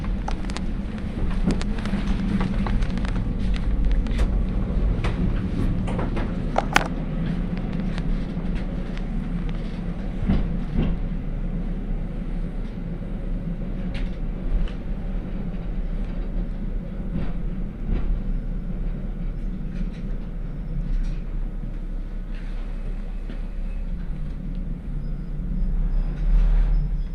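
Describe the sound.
A train ride on the Hakodate Main Line, with a steady, heavy low rumble running the whole way through. Frequent clicks and rattles from the cars come through on top, with a sharp knock around seven seconds and a burst of clattering near ten seconds.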